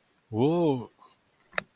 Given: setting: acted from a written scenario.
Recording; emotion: vocal sound without words; pride